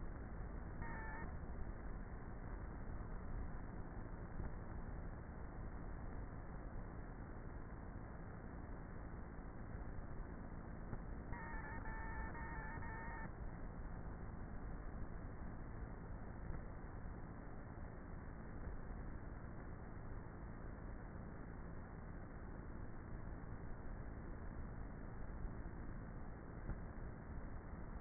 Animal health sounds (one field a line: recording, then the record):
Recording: honeybee colony, microphone inside the hive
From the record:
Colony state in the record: queenless with a low population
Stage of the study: before two queens were removed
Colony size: about 30,000 bees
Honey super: no